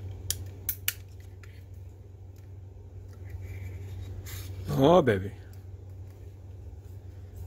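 The plastic body shell of an HO scale Athearn SW1500 model locomotive is pressed down over the chassis after the decoder install, and it snaps into place with sharp clicks at 0.3, 0.7 and 0.9 seconds. Someone talks, and a brief voiced exclamation is heard around 4.7 to 5.2 seconds over a steady low hum. The shell is seated.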